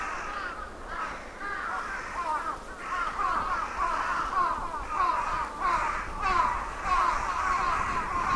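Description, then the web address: Crow caws from a large flock, a constant tangle of hoarse overlapping calls, louder toward the end, with a continuous rushing background. Crows roosting on a summer evening at Sannohe. "Sound Effects-Foundation AMBIENCE SANNOHE CROWS ROOSTING SUMMER EVENING"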